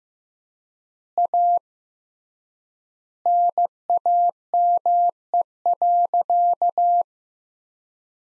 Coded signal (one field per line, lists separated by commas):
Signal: Morse code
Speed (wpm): 15 wpm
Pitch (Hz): 700 Hz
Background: none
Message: A NAME.